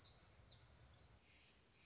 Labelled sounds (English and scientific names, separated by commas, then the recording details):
Black-throated Gray Warbler (Setophaga nigrescens)
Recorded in Sonoma County, California